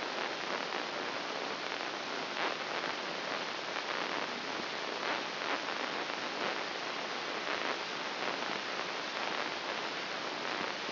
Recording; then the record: brain microelectrode recording played as sound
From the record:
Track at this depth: inside the subthalamic nucleus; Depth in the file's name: 6.105 mm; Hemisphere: left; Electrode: 3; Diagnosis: Parkinson's disease